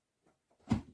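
The plastic dust canister is pulled off the body of a Dreame Z30 cordless stick vacuum and comes free with a single sharp pop at 0.7 s, after a few faint low rustles. It is released, simply pulling off.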